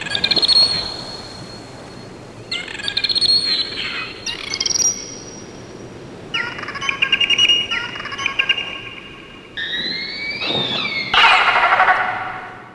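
Dolphin whistles: a series of bright tonal whistles, some flat and some upswept, separated by short gaps, ending in a noisy pulsed burst, over a steady underwater hiss.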